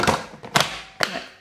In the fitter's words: franchement il se clipse hyper bien et là il est juste à tirer fort bon là avec une seule main en plus la main gauche voilà